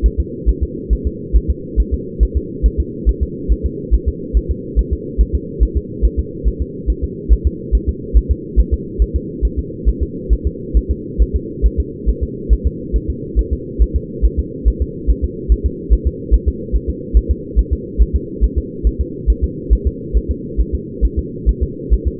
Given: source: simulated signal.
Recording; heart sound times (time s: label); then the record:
fetal heart sounds
0.06 s: S1
0.20 s: S2
0.49 s: S1
0.63 s: S2
0.93 s: S1
1.07 s: S2
1.36 s: S1
1.50 s: S2
1.80 s: S1
1.94 s: S2
2.23 s: S1
2.37 s: S2
2.66 s: S1
2.80 s: S2
3.09 s: S1
3.23 s: S2
3.52 s: S1
3.66 s: S2
3.94 s: S1
4.08 s: S2
4.37 s: S1
4.51 s: S2
4.79 s: S1
4.93 s: S2
5.21 s: S1
5.35 s: S2
5.63 s: S1
5.77 s: S2
6.05 s: S1
6.19 s: S2
6.48 s: S1
6.62 s: S2
6.90 s: S1
7.04 s: S2
7.33 s: S1
7.47 s: S2
7.75 s: S1
7.89 s: S2
8.17 s: S1
8.31 s: S2
8.60 s: S1
8.74 s: S2
9.02 s: S1
9.16 s: S2
9.45 s: S1
9.59 s: S2
9.89 s: S1
10.03 s: S2
10.33 s: S1
10.47 s: S2
10.77 s: S1
10.91 s: S2
11.22 s: S1
11.36 s: S2
11.66 s: S1
11.80 s: S2
12.09 s: S1
12.23 s: S2
12.53 s: S1
12.67 s: S2
12.96 s: S1
13.10 s: S2
13.39 s: S1
13.53 s: S2
13.82 s: S1
13.96 s: S2
14.25 s: S1
14.39 s: S2
14.68 s: S1
14.82 s: S2
15.10 s: S1
15.24 s: S2
15.52 s: S1
15.66 s: S2
15.93 s: S1
16.07 s: S2
16.34 s: S1
16.48 s: S2
16.76 s: S1
16.90 s: S2
17.17 s: S1
17.31 s: S2
17.59 s: S1
17.73 s: S2
18.02 s: S1
18.16 s: S2
18.44 s: S1
18.58 s: S2
18.87 s: S1
19.01 s: S2
19.30 s: S1
19.44 s: S2
19.73 s: S1
19.87 s: S2
20.17 s: S1
20.31 s: S2
20.61 s: S1
20.75 s: S2
21.05 s: S1
21.19 s: S2
21.49 s: S1
21.63 s: S2
21.93 s: S1
22.08 s: S2
From the record:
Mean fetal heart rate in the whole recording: 140 bpm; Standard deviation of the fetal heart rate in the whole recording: 2 bpm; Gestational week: 34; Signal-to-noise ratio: -4.1 dB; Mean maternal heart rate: no maternal heart sound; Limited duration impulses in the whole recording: absent